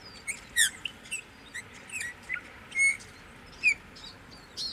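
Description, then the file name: Eurasian bullfinch calls as gentle whistles, spaced irregularly. "Pyrrhula pyrrhula"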